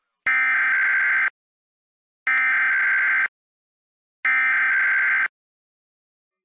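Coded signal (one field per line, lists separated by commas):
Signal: Emergency Alert System (SAME) tones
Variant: header bursts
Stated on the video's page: Simulated Required Monthly Test with a text-to-speech voice used for the EAS message.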